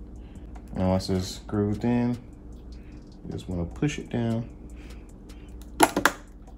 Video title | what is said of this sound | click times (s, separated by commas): Christmas PC BUILD for my dad! | until it snaps on both sides just like that and | 5.8 s, 6.1 s